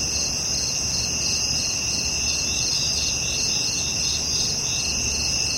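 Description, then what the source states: Insects trilling steadily in several high, unbroken layers that pulse slightly, with no other clear sounds. At night.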